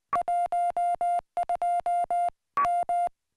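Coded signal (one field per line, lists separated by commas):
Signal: Morse code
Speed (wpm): 20 wpm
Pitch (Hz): 690 Hz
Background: music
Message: 12 M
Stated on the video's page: Summits on the Air CW activation from a peak, reached on a fly-in trip.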